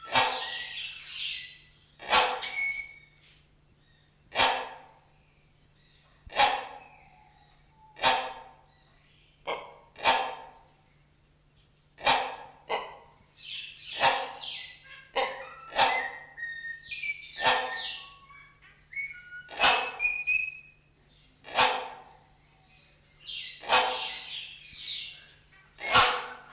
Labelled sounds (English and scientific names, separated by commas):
Great Hornbill (Buceros bicornis) call